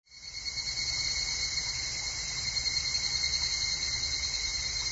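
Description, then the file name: Evening cicada calling, a steady high shrill buzz with a thinner lower whine beneath, fading in at the start and holding without a break. "higurashi"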